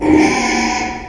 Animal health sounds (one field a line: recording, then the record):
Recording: squeal of a Yucatan mini pig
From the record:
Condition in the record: after surgery on the right vocal fold (resection and tissue-engineered implant)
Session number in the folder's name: 2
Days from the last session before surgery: 13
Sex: male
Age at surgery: 12 weeks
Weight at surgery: 13 kg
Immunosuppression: cyclosporine, prednisolone